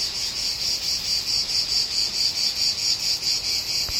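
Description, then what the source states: Insect chirping, high shrill pulses about twice a second over a steady hiss, with a brief click at the end. Pest insect on the Spartacus trail at Pilisszentlászló, Hungary.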